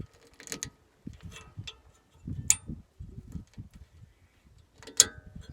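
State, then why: Seated. A metal abutment clip for a rear brake pad on a 2015-2020 Ford F-150 is worked behind the caliper bracket, with light scraping and a sharp tick near 2.5 s as it is handled. It is pressed until it snaps into place at 5.0 s, and the clip is confirmed seated in the bracket.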